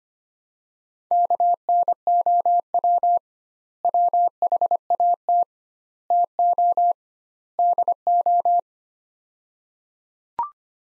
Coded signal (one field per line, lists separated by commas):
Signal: Morse code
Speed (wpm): 25 wpm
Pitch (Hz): 700 Hz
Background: none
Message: KNOW WHAT TO DO